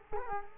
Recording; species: mosquito wingbeat signal from an infrared sensor; Culex quinquefasciatus